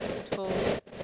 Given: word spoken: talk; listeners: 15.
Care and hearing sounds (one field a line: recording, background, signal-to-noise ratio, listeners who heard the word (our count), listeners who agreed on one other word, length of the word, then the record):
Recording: one English word in noise, from a listening test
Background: noise modulated by three-talker babble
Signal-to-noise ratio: -7.1 dB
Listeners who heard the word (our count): 0 of 15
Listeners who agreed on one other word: 8 of 15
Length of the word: 0.64 s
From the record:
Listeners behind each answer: 8, 5, 1, 1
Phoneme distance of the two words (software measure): 10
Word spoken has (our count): 1 syllable, 3 phonemes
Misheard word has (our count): 1 syllable, 3 phonemes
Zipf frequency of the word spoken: 5.52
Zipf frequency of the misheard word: 4.51